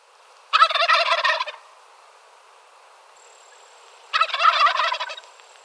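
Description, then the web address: Wild turkey gobbling: two loud, rapid rattling gobbles about three and a half seconds apart, each lasting roughly a second, with a faint steady high tone in the second half. "Zoo Field Guide"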